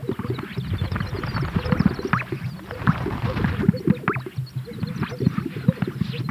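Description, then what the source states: Greater sage-grouse producing deep gurgling pops and airy swishes, many birds calling together in a dense chorus. At a lek.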